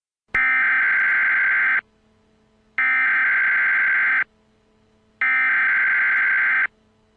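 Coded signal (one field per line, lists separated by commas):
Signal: Emergency Alert System (SAME) tones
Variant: header bursts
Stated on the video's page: Fictional EAS scenario, simulated alert.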